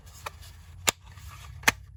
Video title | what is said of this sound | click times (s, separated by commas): 2015+ Subaru WRX - Interior Refresh: Ep. 5 - Piano Black Vent Replacements - | and push until you hear it snap sweet | 0.9 s, 1.7 s